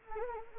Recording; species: mosquito wingbeat signal from an infrared sensor; Anopheles gambiae